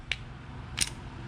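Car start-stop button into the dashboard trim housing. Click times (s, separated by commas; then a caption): 0.1 s. A new red start-stop button is lined up with the existing holes and pushed into the car's plastic dashboard trim housing until it seats with a sharp click at 0.1 s. A second, softer snap follows at 0.8 s. The button is seated in the trim.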